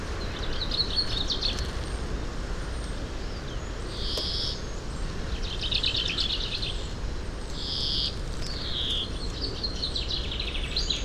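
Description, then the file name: European greenfinch giving repeated buzzy wheezes mixed with short chattering trills, several times throughout, against a continuous low background hum. "Chloris chloris"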